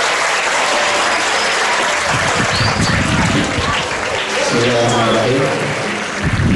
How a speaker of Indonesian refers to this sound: Boleh tepuk tangan buat Ustaz Selamat.